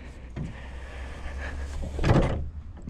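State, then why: Seated. On a Mercedes SLK R170, the retractable hardtop roof panel is closed by hand and pushed down into the car body. A thunk is heard at 0.4 s as it locks into place, followed by a louder burst of broadband noise around 2.0–2.3 s. The roof panel is seated.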